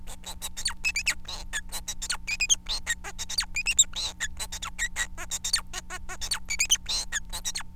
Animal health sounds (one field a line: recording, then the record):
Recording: song of a male Bengalese finch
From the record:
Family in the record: son of father 4